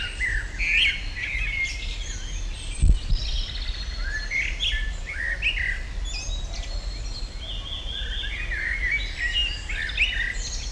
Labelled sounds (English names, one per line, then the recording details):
Common Blackbird
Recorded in the wild
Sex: male
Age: adult
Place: Botanische Anlage Blankenfelde, Berlin, DE
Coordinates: 52.603, 13.4
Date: 1993-05-30 10:21
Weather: heiter, 18-21°C
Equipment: Marantz CP 430, Sennheiser ME 80, Kopie Uher Variocord 263
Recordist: Tembrock, Günter